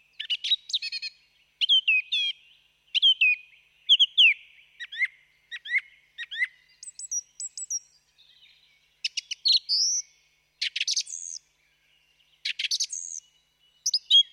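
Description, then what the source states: Song thrush song, a varied series of chirps and whistled phrases, some repeated before switching to a new motif. Recorded excerpt played on the radio; song thrushes are said to come and feed in ivy.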